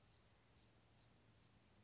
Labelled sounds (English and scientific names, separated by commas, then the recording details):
Blue-gray Gnatcatcher (Polioptila caerulea)
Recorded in Sonoma County, California